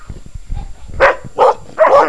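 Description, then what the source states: Dog giving three quick yapping barks after a second of low rumbling background noise. A puppy.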